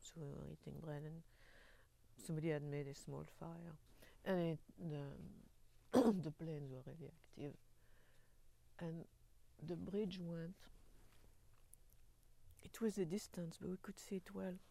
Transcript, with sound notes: So we were eating bread and somebody had made a small fire. And it — the — [clears throat] the planes were very active. And the bridge went. It was a distance but we could see it well,